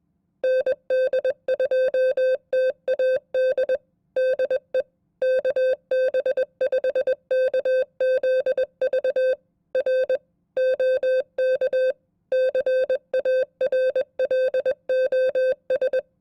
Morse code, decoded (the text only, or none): ND2TAD DE KB5KZV R OK CARLOS